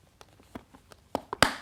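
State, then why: Seated. Side latch flaps on the lid of a Lock & Lock Superlock plastic food storage container with a silicone seal are pressed down one after another, making small soft taps before three sharp plastic snaps. The latches click shut at 1.2 s, 1.3 s and 1.4 s, the last being the loudest, and the clicks show the lid is fully closed and seated.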